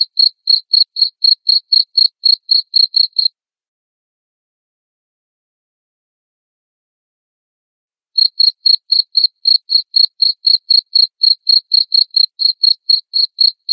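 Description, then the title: Cricket chirps: rapid, even pulses about four per second, stopping for roughly five seconds of silence, then resuming at the same pace. Loud cricket chirping (ngerik), played to make lovebirds sing continuously (ngekek). "Suara JANGKRIK NGERIK Keras Bikin LOVEBIRD Jadi NGEKEK Terus Vubey"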